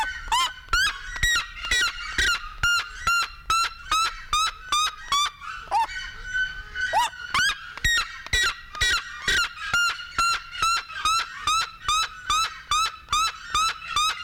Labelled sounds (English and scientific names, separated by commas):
Black-legged Seriema (Chunga burmeisteri) call